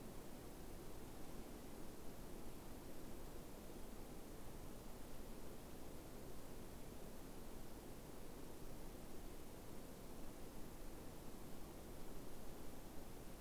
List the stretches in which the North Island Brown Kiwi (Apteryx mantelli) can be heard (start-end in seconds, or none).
none